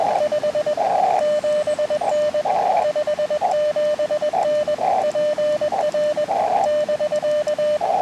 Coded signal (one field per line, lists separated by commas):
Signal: Morse code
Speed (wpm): 21 wpm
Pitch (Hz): 600 Hz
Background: radio noise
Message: 57N 57N PR <BK>